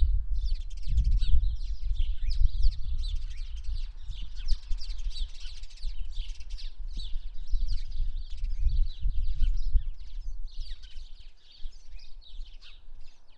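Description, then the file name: House sparrow flock calling, busy unbroken chatter of quick chirps from many birds, with low rumbling noise that swells and fades in the background. "Passer domesticus"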